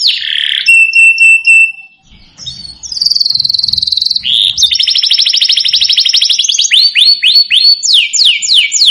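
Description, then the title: Domestic canary opening with a steady whistled tone, a short pause, then buzzy rapid trills and a closing string of swooping notes. Belgian canary song played to excite other canaries, making them agitated so they respond and start singing. "Canto Para Esquentar Canário Belga. Suara Kenari Bikin Emosi & Langsung Nyaut"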